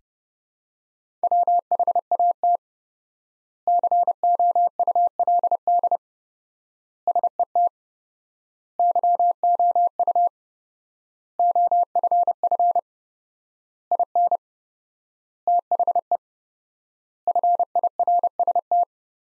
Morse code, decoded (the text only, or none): WHAT COULD SET YOU OFF IN THE FIRST